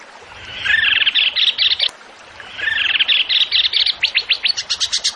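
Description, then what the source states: Bird song given twice: a buzzy twittering phrase, a pause, then the warble again ending in a series of crisp, repeated high notes. Songbird singing actively (gacor) in 'tembakan' style, for training songbirds (masteran).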